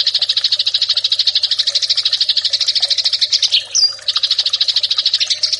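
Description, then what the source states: Eurasian tree sparrow song: a rapid, steady stream of harsh chips, broken once by a short pause and a thin whistled note. Fighting (tarung) song style.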